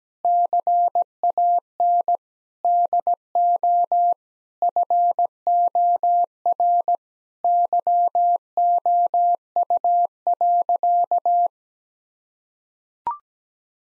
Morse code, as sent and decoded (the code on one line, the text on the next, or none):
-.-. .- -. / -.. --- / ..-. --- .-. / -.-- --- ..- .-.-.-
CAN DO FOR YOU.